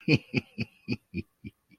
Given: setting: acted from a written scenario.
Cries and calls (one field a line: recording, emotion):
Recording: vocal sound without words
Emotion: amusement